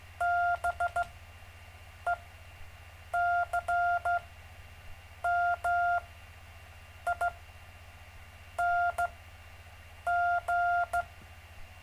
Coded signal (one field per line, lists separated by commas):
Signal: Morse code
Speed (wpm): 15 wpm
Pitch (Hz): 700 Hz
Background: none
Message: BECMING